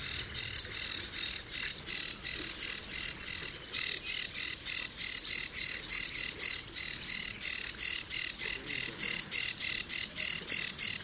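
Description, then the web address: Sedge warbler giving a loud, fast series of harsh rasping notes repeated about three times a second, steady and insistent throughout. "chant didier collin phragmite des joncs"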